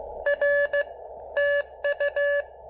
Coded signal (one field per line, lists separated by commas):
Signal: Morse code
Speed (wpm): 17 wpm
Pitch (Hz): 590 Hz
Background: none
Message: R TU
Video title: Pairing the Elecraft KX2 and AX1 with a little QRP Coffee for some proper portable POTA fun!